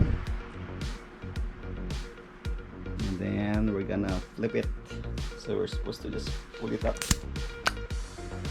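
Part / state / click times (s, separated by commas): pull-tab cap on a glass drink bottle / released / 7.7 s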